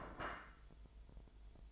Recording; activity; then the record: daily activity, microphone in the room; place plate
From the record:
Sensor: 5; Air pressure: 1002.1 hPa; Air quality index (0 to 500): 225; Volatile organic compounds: 28 ppm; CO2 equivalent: 2922 ppm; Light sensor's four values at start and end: 10/24/10/11 and 10/24/10/11